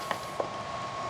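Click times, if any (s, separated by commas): 0.1 s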